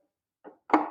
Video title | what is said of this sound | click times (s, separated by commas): Motorcycle Fairing Mesh Grill Side Vent Screen for Road Glide | Snaps right into place. | 0.7 s